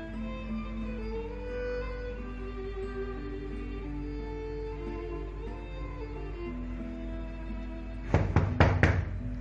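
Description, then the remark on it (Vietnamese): Gentle background music plays steadily, then toward the end someone raps on an office door in a quick series of about four firm knocks that stand out over the music. “Hồng Ân gõ nhà cửa văn phòng của Đình Tuấn, không để anh mời vào.”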